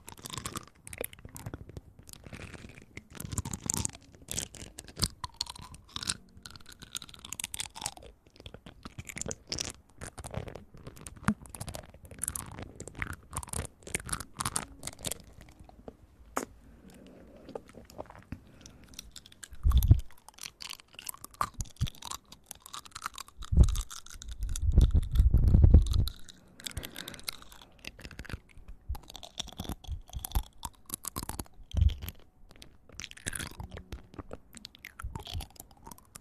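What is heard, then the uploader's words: Close, wet chewing and crunchy biting right at the ear, dense and continuous, with heavier low thumps around twenty and twenty-five seconds. Relaxing Ear Eating.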